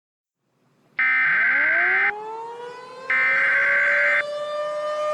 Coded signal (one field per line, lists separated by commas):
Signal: Emergency Alert System (SAME) tones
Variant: header bursts